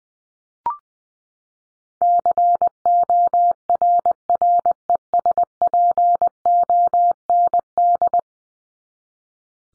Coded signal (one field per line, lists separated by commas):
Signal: Morse code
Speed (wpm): 20 wpm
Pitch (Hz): 700 Hz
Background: none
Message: CORRESPOND